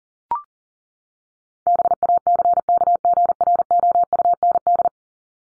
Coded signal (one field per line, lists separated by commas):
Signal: Morse code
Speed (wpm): 40 wpm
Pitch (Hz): 700 Hz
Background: none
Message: BACKGROUND